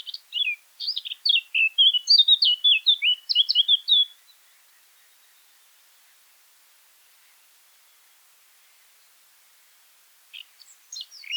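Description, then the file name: Eurasian blackcap singing a fast scratchy warble with loud fluting notes for about four seconds, then silence until a brief new phrase begins. "Sylvia atricapilla"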